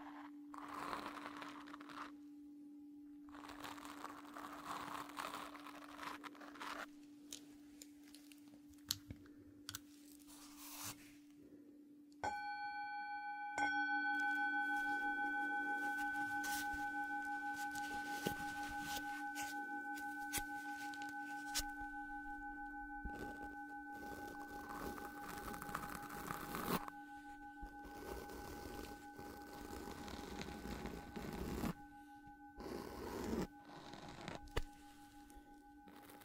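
A Tibetan singing bowl hums with a low steady tone throughout, and at about 12 seconds a bright struck ring joins it and sustains to the end. Soft brushing and rustling strokes come and go over it, heaviest around 25 to 32 seconds.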